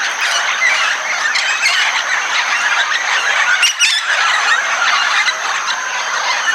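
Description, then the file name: Red-tailed amazon flock in full chorus, overlapping raucous squawks and shrill squeals without pause, over a constant high-pitched insect drone. At Itanhaém, São Paulo state, Brazil. "Amazona-brasiliensis 3-RCastro-Itanhaem SP. ASilveira"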